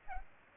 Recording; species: mosquito wingbeat signal from an infrared sensor; Aedes aegypti